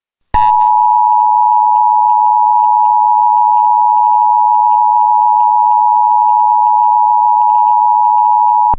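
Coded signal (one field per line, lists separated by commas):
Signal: Emergency Alert System (SAME) tones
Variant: 853 and 960 Hz attention tone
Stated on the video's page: Fictional EAS scenario using real EAS alert sounds.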